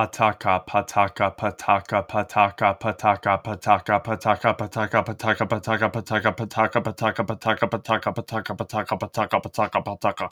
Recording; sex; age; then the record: repeated syllables /pa ta ka/; male; 20 to 29 years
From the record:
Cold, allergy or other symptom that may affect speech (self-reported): no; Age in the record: 22 years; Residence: New Jersey, United States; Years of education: 16